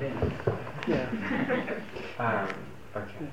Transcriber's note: laughter